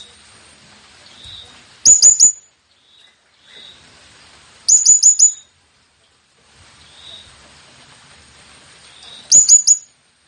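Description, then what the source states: Blue-crowned hanging parrot calls: three fast bursts of shrill, high chirping notes spaced several seconds apart, with soft rustling background noise between. Calling sound for attracting the birds.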